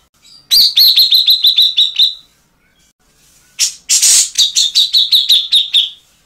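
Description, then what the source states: Grey-cheeked bulbul song: two bursts of rapid, repeated chattering notes that slide slightly downward, each burst lasting about two seconds, separated by a short silence. Tutor sound for training captive songbirds.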